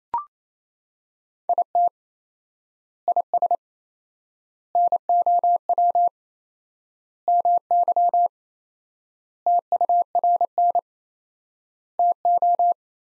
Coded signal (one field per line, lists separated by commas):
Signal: Morse code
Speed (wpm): 28 wpm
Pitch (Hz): 700 Hz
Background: none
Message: IT IS NOW MY TURN TO